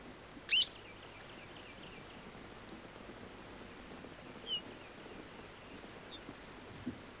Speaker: Keltavästäräkin ääni ei pulpahda musikaalisiksi säkeiksi, vaikka se voi intoutua vuolaampaankin lauluun